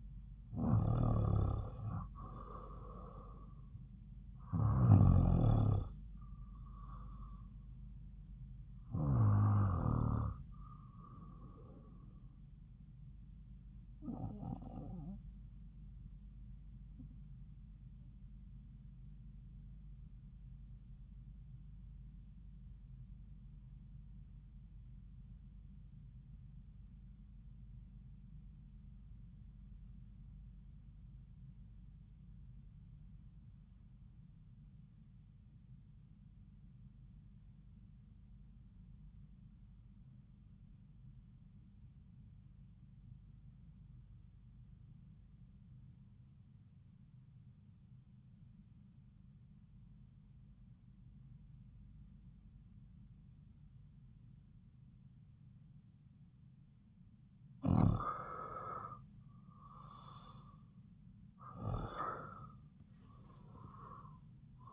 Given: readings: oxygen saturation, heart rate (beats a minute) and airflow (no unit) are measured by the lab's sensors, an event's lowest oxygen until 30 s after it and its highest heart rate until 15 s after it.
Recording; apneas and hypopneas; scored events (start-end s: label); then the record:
breathing in sleep by a smartphone at the bedside; 1
22.00-57.00 s: obstructive apnea (REM, oxygen 96% highest, then 82% lowest)
59.00-64.73 s: new sleep stage, N1 (lightest sleep)
From the record:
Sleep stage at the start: REM sleep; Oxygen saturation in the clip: 86 to 96%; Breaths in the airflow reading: 6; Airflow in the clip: -9.3 to 8.0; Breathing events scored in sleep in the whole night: 270 in 6.1 hours asleep